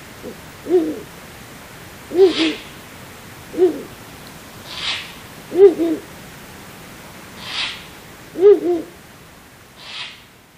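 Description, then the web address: Ural owl hooting: low, hoarse single and double hoots repeated every few seconds, with fainter higher breathy sounds between them. Recorded at Sukagawa on 9 April 2021. "koe fukuro 210409 sukagawa abes"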